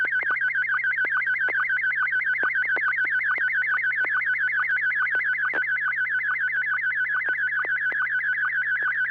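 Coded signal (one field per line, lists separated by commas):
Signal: SSTV (slow-scan television)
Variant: Scottie 1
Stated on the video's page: SSTV net on a 441.300 MHz FM repeater in Sacramento, sent with MMSSTV software.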